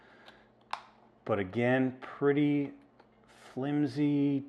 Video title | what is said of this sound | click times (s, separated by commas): Lightspeed Tango initial review | This plastic door does lock, as you can hear that snap. | 0.7 s